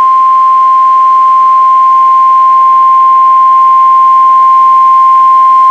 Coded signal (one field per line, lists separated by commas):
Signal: Emergency Alert System (SAME) tones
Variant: 1050 Hz attention tone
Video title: Real NOAA Weather Radio EAS Alert #84